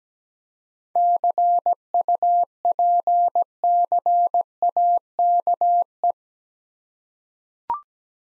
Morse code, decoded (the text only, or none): CUPCAKE